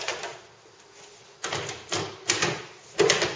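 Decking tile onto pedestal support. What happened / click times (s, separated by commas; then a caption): Decking tiles handled, not yet clicked onto pedestals / none. Interlocking decking tiles are laid in a rotated pattern and handled by hand over pedestal supports, producing a few broad scraping, knocking bursts at about 1.4, 1.9, 2.3 and 3.0 seconds over a quiet background. No tile has clicked onto its pedestal or seated yet.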